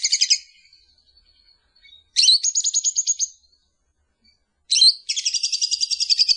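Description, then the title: Lovebird sounding a short chirping burst, then two long, rapid, buzzy trills each opened by a sharp chirp, with shrill rattling notes and quiet pauses between. Lure call used to attract lovebirds. "PIKAT BURUNG LOVEBIRD"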